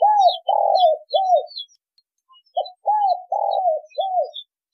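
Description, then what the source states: Spotted dove: two cooing phrases of arched coos, each with a longer rough coo before the last one, with scattered faint chirps above. Spotted dove song in the giọng thổ đồng style.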